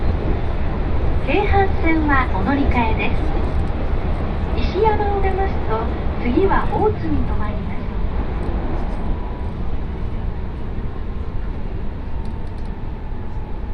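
A steady, dense low rumble fills the inside of a rapid train, likely running through a long tunnel. A voice speaks in short bursts from about one to three seconds and again around five to seven seconds, then only the constant roar remains.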